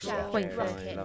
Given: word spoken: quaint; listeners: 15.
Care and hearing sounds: one English word in noise, from a listening test; four-talker babble; -1.1 dB; 3 of 15; 10 of 15; 0.65 s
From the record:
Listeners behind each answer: 10, 3, 1, 1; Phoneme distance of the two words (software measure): 27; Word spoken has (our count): 1 syllable, 5 phonemes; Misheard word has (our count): 1 syllable, 4 phonemes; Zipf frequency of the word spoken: 3.41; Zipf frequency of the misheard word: 5.60

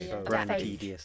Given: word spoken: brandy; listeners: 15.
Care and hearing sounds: one English word in noise, from a listening test; four-talker babble; -1.5 dB; 0 of 15; 8 of 15; 0.65 s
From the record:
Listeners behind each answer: 8, 1, 1, 1, 1, 1, 1, 1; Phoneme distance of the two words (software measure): 51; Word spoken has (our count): 2 syllables, 6 phonemes, stress on syllable 1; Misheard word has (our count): 2 syllables, 5 phonemes, stress on syllable 1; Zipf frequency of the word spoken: 3.83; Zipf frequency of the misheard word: 3.22

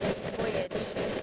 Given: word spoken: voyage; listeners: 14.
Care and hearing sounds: one English word in noise, from a listening test; noise modulated by three-talker babble; -4.7 dB; 2 of 14; 11 of 14; 0.82 s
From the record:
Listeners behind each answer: 11, 2, 1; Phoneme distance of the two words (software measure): 37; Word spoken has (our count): 2 syllables, 4 phonemes, stress on syllable 1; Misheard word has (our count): 1 syllable, 3 phonemes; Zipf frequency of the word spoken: 3.75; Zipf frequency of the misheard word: 4.75

